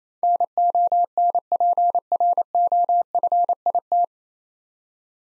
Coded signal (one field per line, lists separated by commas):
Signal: Morse code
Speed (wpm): 28 wpm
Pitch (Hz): 700 Hz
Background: none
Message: NONPROFIT